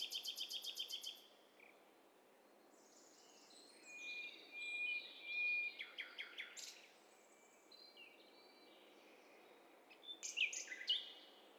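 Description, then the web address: Birds calling together: a fast buzzy trill opens, followed by a thin sustained whistle, clipped chirps and a burst of sharp notes near the end, over steady hiss. Mixture of several birds in a stereo bird cocktail party test recording. "Hi Fi STEREO BIRD COCKTAIL PARTY Challenge SBCP TESTSET HDBird Cocktail Party"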